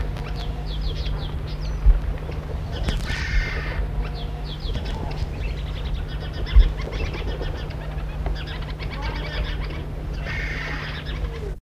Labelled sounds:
Eurasian Golden Oriole (Oriolus oriolus) alarm call
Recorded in the wild
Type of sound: alarm call
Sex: female
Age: adult
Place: Farm Bitterwasser
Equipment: Halbspur, 9,5 cm/s
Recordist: Lütgens, Hans
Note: Weibchen gibt Alarm wegen Eule

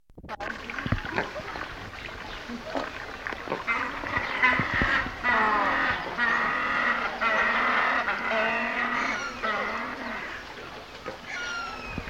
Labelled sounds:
Southern Rockhopper Penguin (Eudyptes chrysocome) aggressive call
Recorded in captivity
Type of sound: aggressive call
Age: adult
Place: Zoo Berlin, Berlin, DE
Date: 1988-11-12 15:20
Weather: bedeckt, 8 - 12°C
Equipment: Sony WM-D6C, Kopie 19 cm
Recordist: Tembrock, Günter
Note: Agonistische Laute, daneben dunkle Laute vom Humboldt-Pinguin

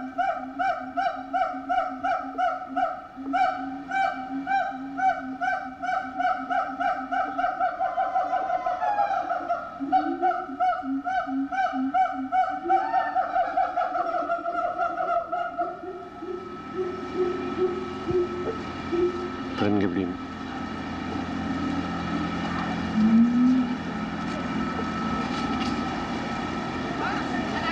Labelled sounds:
Siamang (Symphalangus syndactylus)
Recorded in captivity
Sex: pair
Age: adult
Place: Zoo Berlin, Berlin, DE
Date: 1985-05-23 10:12
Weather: sonnig, Wind, 12°C
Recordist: Tembrock, Günter

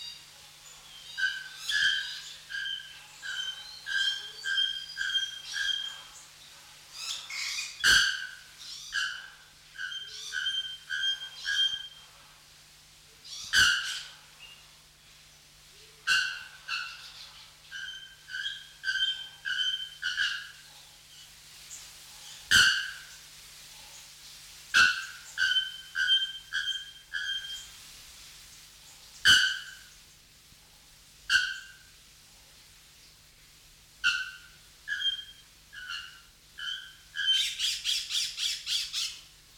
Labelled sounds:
Bare-throated Bellbird (Procnias nudicollis)
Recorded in captivity
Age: adult
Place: Zoo Berlin, Berlin, DE
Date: 1994-01-08 10:55
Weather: wolkig bis sonnig, 6 °C
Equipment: Marantz CP 430, Sennheiser MKH 416 T, Kopie Uher Variocord 263
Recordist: Tembrock, Günter

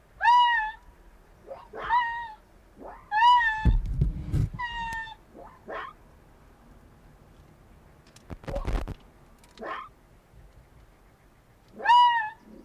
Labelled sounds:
Arctic Fox (Vulpes lagopus) call
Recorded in the wild
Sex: diverse
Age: diverse
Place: Insel Mednyi, Kommandeur-Inseln, RU
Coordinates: 54.5167, 168.083
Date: 1999-07-27 10:23
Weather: heiter, windstill, 9°C
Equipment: Sony WM-D6C, Sennheiser MKH 70, Windkorb, Kopie Tascam DA 30
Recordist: Frommolt, Karl-Heinz

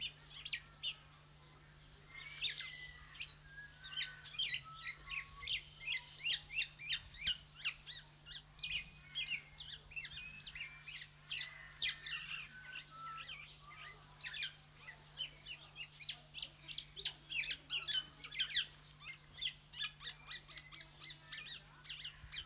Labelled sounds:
Black-naped Oriole (Oriolus chinensis)
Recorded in captivity
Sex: male
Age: adult
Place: Zoo Berlin, Berlin, DE
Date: 1995-02-25 11:37
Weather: wolkig, 3°C
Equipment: Marantz CP 430, Sennheiser ME 80, Kopie Uher Variocord 263
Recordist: Tembrock, Günter

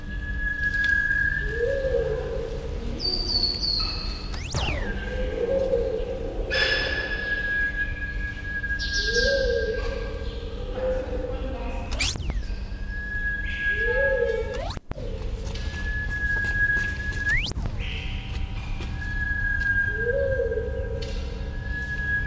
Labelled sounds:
Ringed Teal (Callonetta leucophrys) call
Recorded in captivity
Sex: female
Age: adult
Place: Tierpark Berlin, Berlin, DE
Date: 1974-01-26 11:00
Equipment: Uher 4200 Report Monitor, Verst., Sennheiser MD 421
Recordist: Tembrock, Günter

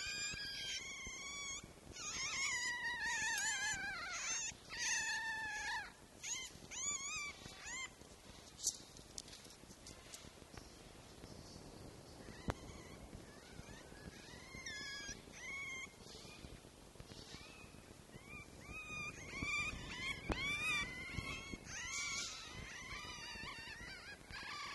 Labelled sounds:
Red Fox (Vulpes vulpes)
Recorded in captivity
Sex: group
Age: juvenile
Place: Zoologisches Institut der HUB, Berlin, DE
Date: 1955-04-25 12:00
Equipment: Elmetra
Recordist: Tembrock, Günter

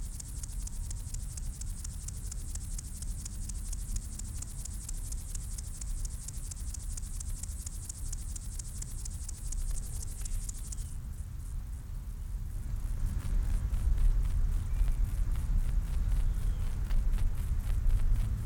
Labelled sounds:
Upland Field Grasshopper (Chorthippus apricarius) stridulation
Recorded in the wild
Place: Blankenfelde, Berlin, DE
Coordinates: 52.625, 13.404
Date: 1992-08-09 10:14
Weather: sonnig, 26-29°C
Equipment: Marantz CP 430, Sennheiser ME 80, Kopie Tesla B 116
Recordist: Tembrock, Günter

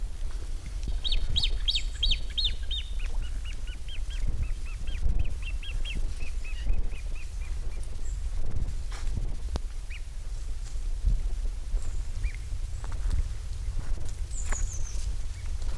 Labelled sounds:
Great Crested Grebe (Podiceps cristatus) call
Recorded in the wild
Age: juvenile
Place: Schluft, Schorfheide, Brandenburg, DE
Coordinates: 52.95, 13.45
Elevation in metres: 71
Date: 1996-08-04 12:50
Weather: wolkig, 14-17°C
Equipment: Sony MD-WM MZ-R3, Sennheiser ME 80, Kopie Uher 4000 Report Monitor
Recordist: Tembrock, Günter
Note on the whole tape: Lautfolgen von Jungtieren. Am Großen Glasowsee

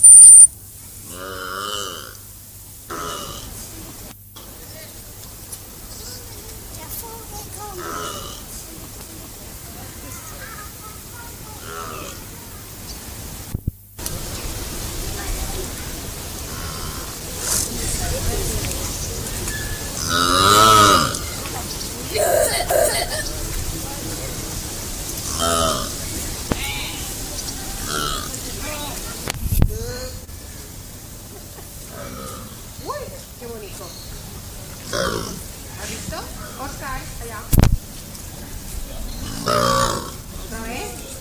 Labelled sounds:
Scimitar-horned Oryx (Oryx dammah) call
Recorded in captivity
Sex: group
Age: adult
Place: Zoo Berlin, Berlin, DE
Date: 2008-08-12 15:03
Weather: overcast, ca. 23°C
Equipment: Sony WM-D6C, Sennheiser ME 80, Kopie Uher 4000 Report Monitor
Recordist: Tembrock, Günter
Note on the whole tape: Zuerst mehrere Tiere vor der Fütterung, dann Kurzlaute (variabel)

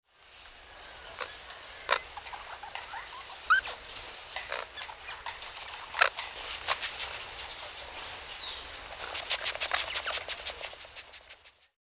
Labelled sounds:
Red-rumped Agouti (Dasyprocta leporina)
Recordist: Tembrock, Günter
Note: Rufe einer Gruppe

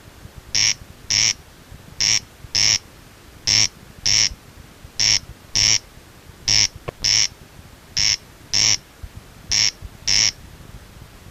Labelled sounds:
Corn Crake (Crex crex) call
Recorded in the wild
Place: Nieder-Ofleiden, DE
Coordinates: 50.7581, 8.97444
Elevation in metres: 220
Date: 1964-05-25 23:30
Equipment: Uher Report 4000, AKG D190
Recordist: Krey, Winfried

